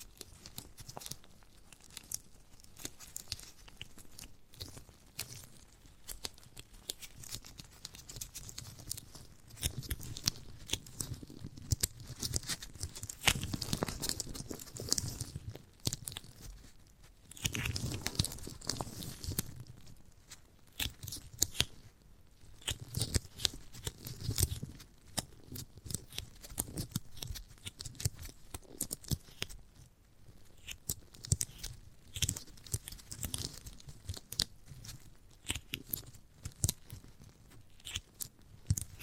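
ASMR of a giant gummy bear: a steady run of soft, sticky crackles and tearing sounds, dense and uneven throughout. Louder squishing bursts come in clusters around 10 to 15 seconds, again near 18 and 25 seconds, then settle back to quieter crinkling.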